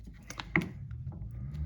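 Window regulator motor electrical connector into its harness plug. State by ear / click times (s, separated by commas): seated / 0.6 s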